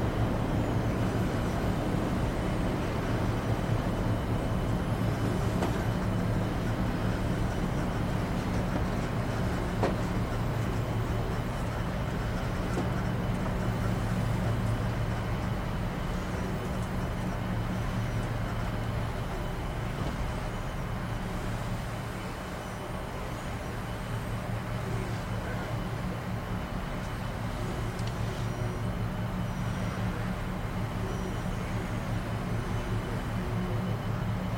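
Inside a shuttle cabin, a steady low rumble fills the whole clip, with a persistent hum near the bottom and a constant hiss above it. The loudness barely changes, dipping slightly around twenty-two seconds, while faint clicks and brief rattles surface now and then.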